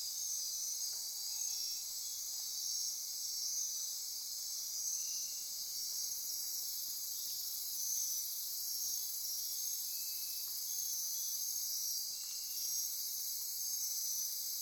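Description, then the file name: Insect chorus: a dense, steady high-pitched shimmering buzz that never stops, with faint short tonal notes popping up every few seconds beneath it. Insect chorus recorded at midnight near Corcovado. "Wind-is-the-Original-Radio-Fridays 20240628 Andy-Martin Midnight-Insect-Chorus-Near-Corcovado"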